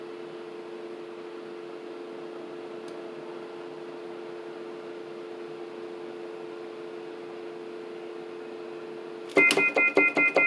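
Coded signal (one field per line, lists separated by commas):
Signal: telephone call progress tone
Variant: North America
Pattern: dial tone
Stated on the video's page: Dial tone and off-hook tone recreated on a Yamaha YPG-235 keyboard.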